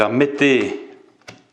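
A UV-C bulb is being handled and pushed toward its holder in an OASE Vitronic pond UV clarifier housing while a man talks. Two brief, faint handling knocks occur near 1.2 s and 1.3 s as the speech fades. The bulb has not latched or clicked into place yet.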